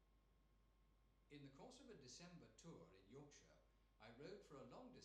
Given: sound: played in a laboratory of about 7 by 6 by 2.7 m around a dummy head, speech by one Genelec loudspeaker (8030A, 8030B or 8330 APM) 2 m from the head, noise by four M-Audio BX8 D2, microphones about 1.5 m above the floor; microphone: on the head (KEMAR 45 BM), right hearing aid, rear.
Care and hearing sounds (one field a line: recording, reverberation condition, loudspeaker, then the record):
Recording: male speech in English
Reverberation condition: medium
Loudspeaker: 30 degrees to the right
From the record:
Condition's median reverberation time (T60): about 510 ms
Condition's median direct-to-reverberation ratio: about -0.5 dB